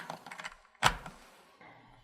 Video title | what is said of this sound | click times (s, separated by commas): Setting up our TitroLine 7000 titrator - SI Analytics (English) | And then you can take your valve cover and just snap it on top. | 0.9 s